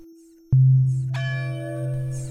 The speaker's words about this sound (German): Im Dorf schlägt es 23:30.